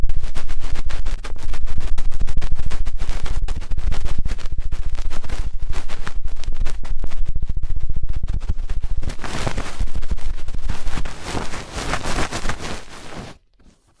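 Fast, intense ear cleaning makes a dense, scratchy rustle of rapid scraping strokes that runs almost without pause. Around ten seconds the scraping grows brighter and harsher, then loosens into separate bursts before cutting off just before the end.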